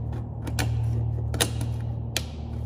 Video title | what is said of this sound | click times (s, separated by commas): ATOSA 2 door reach in repair | snap like that and then it's in and then we'll put our wires back where they belong | 2.2 s